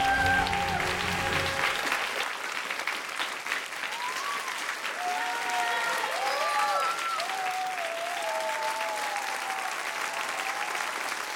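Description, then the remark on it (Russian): A crowd applauding the winners of a competition breaks into loud, sustained applause, steady clapping filling the whole stretch, with a few cheers and raised voices rising above it. “Ваши аплодисменты, победительницы!”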